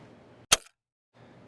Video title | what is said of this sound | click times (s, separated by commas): SeaLife Sportdiver - Best Underwater Housing for iPhone & Android Unboxing - Kona Freedivers | have it closed properly, really, because it clicks into place. and you can hear it. | 0.5 s